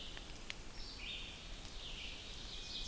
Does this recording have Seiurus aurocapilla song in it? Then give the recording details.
no. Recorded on 2 June 2016 at 05:51. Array SBT-3-7